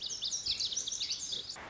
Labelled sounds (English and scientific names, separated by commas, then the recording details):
Lazuli Bunting (Passerina amoena)
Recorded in Sonoma County, California